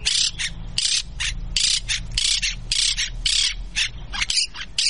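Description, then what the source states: Monk Parakeet squawks: harsh, grating screeches in rapid bursts that continue throughout. Played in a radio bird-identification game; described as invasive birds.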